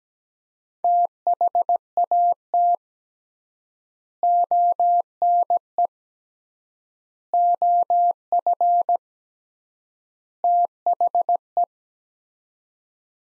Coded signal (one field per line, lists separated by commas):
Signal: Morse code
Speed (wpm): 17 wpm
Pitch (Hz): 700 Hz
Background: none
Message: THAT ONE OF THE